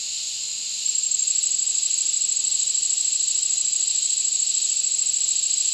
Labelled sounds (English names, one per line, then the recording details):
none
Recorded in dense forest near Puerto Asís, Putumayo, Colombia, on 19 February 2024 at 08:30
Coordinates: 0.499, -76.324
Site G6469